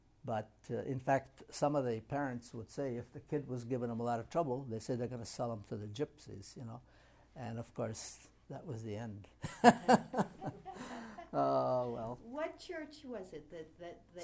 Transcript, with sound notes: But — in fact, some of the parents would say if the kid was giving them a lot of trouble, they say they're going to sell them to the gypsies, you know, and of course that was the end. [Laughs] Oh, well.
What church was it that — that — that you —?
St.